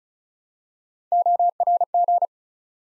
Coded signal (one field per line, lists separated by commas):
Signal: Morse code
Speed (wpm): 36 wpm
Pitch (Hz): 700 Hz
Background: none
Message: ORG